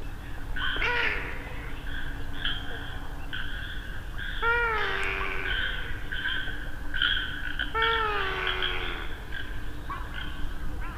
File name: Purple Swamphen